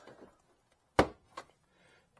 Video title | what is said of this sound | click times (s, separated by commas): Toyota Rav4 Prime Rear Center Trim Dynamic Led Taillight Brake Lamp Installation Tips. Easy Peasy😃🚙👍 | you hear a pop | 1.0 s